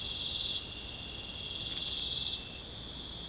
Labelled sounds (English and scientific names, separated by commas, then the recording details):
none
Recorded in secondary vegetation near Puerto Asís, Putumayo, Colombia, on 21 December 2024 at 20:30
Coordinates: 0.499, -76.323
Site G010